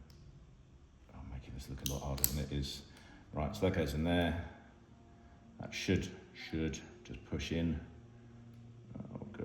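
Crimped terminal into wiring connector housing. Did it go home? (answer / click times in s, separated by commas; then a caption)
no / none. A crimped terminal is pushed into a plastic wiring connector housing while someone talks, with small handling clicks and taps near the end. The terminal fails to push in, and nothing has seated or clicked yet.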